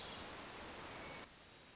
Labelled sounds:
Hermit Thrush
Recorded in Sonoma County, California

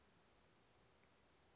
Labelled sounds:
Brown Creeper
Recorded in Sonoma County, California

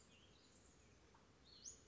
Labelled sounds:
Western Flycatcher
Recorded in Sonoma County, California

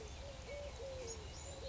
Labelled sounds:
Eurasian Collared Dove
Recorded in Sonoma County, California

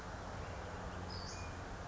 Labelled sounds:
Western Flycatcher
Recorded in Sonoma County, California

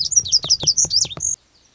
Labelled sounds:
Lazuli Bunting
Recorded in Sonoma County, California

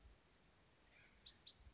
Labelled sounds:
Bewick's Wren
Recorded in Sonoma County, California

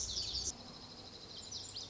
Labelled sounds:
Lazuli Bunting
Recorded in Sonoma County, California

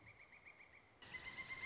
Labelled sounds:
Pileated Woodpecker
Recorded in Sonoma County, California

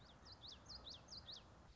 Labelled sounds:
Common Yellowthroat
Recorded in Sonoma County, California

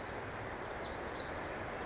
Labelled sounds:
Pacific Wren
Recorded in Sonoma County, California

